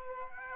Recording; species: mosquito wingbeat signal from an infrared sensor; Aedes aegypti